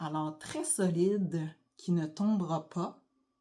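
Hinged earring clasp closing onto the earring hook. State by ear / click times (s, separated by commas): not seated / none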